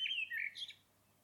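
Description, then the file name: Common blackbird: a brief fluty slur that drops in pitch, then a quick high squeaky flourish, under one second long. "Turdus merula"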